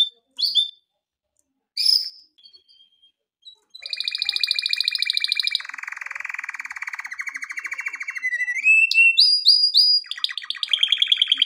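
Canary singing: a few scattered chirps, then a sustained rapid trill, a lower rolling tour and bright rising whistled notes toward the end.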